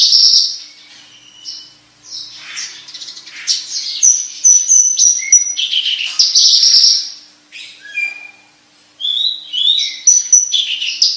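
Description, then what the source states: Javan bush lark song in varied high bursts of chirps, trills and thin whistles, broken by short pauses. Lure call to prompt a Javan bush lark that has stopped singing to sing again.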